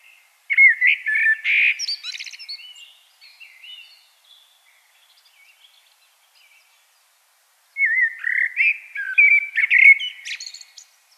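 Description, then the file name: Common blackbird song: a mellow fluted warble ending in a thin squeaky flourish, then a pause of several seconds before a second fluted phrase begins. "Turdus merula"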